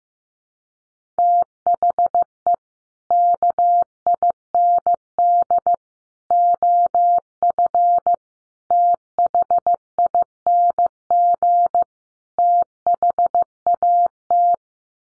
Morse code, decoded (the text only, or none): THE KIND OF THING THAT